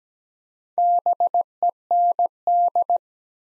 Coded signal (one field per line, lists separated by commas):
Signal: Morse code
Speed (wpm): 17 wpm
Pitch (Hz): 700 Hz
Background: none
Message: BEND